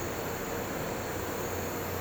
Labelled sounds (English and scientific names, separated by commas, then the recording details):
none
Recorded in pastures near Puerto Asís, Putumayo, Colombia, on 4 March 2025 at 11:00
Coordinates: 0.466, -76.322
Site CSA-02